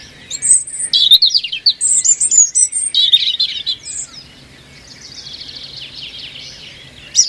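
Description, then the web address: European robin singing a varied, high-pitched phrase of trills and thin whistles lasting a few seconds, followed by fainter twittering and one brief final note. "Deverinetal 2025"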